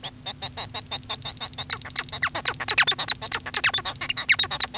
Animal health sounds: song of a male Bengalese finch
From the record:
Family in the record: son of father 1

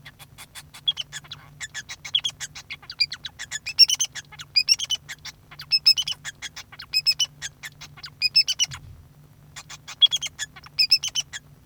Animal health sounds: song of a male Bengalese finch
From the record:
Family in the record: son of father 2

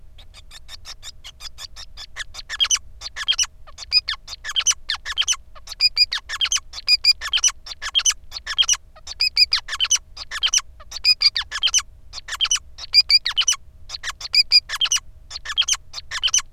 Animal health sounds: song of a male Bengalese finch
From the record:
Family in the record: son of father 5

